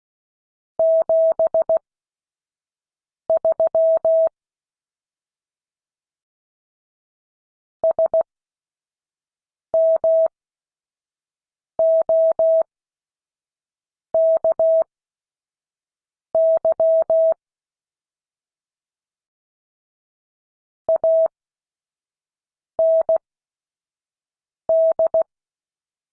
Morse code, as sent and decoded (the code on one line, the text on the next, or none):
--... ...-- / ... -- --- -.- -.-- / .- -. -..
73 SMOKY AND